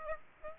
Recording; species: mosquito wingbeat signal from an infrared sensor; Aedes aegypti